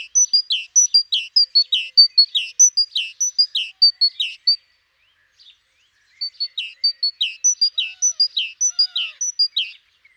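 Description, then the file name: Great tit singing two bouts of rapid, regular two-note phrases, a high whistle and a lower downslur, separated by a short silence. "Parus major"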